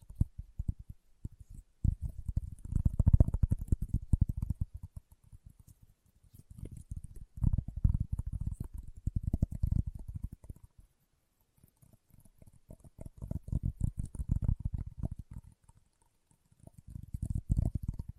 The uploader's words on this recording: ASMR Leather Tapping & Scratching Sounds (No Talking).